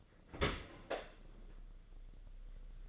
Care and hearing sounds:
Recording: daily activity, microphone in the room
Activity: open dishwasher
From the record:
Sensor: 4

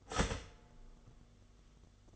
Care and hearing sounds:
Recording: daily activity, microphone in the room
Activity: start toaster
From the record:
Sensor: 4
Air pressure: 1015.5 hPa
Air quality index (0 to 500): 200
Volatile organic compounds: 10 ppm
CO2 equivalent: 2230 ppm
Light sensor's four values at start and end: 4/8/3/3 and 4/8/3/2

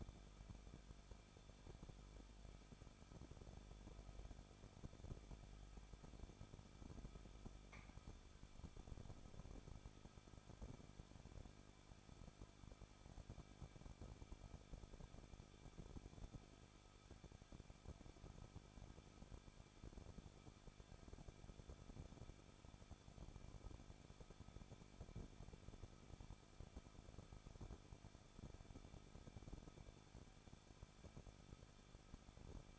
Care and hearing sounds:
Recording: daily activity, microphone in the room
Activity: no activity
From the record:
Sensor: 5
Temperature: 20.9 degrees Celsius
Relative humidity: 38.2%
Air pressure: 1006.4 hPa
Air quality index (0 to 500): 187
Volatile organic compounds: 18 ppm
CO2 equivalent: 2628 ppm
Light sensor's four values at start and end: 2/3/1/1 and 2/3/1/1

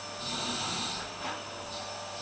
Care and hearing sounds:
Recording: daily activity, microphone in the room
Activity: vacuum cleaning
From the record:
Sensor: 2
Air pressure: 1007.5 hPa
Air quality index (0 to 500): 32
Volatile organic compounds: 1 ppm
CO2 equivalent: 520 ppm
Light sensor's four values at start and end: 7/16/6/6 and 7/16/6/6

